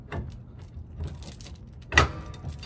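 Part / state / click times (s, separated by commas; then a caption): spring bar into weight distribution hitch head / seated / 2.0 s. A steel spring bar of a weight distribution hitch is pushed up into its socket hole on the hitch head, with light metallic rattling and shuffling. It seats with a sharp, bright click at 2.0 s, the loudest sound in the clip.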